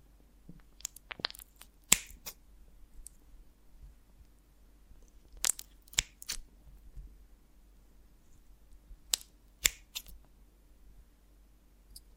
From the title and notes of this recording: ASMR of a Honeycomb on Branch (No Talking).